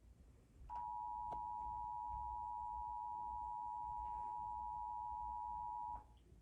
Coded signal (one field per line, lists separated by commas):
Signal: Emergency Alert System (SAME) tones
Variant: 853 and 960 Hz attention tone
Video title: EAS #75: Child Abduction Emergency For New Jersey State Police (1/5/2023)